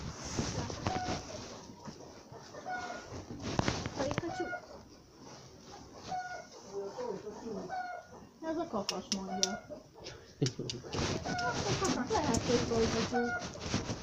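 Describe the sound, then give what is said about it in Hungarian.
A rooster crows in a few drawn-out, harmonic calls at a pig slaughter, partly mixed with people talking over it and other clucking and animal sounds throughout. “Ez a kakas mondja.”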